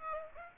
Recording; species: mosquito wingbeat signal from an infrared sensor; Aedes aegypti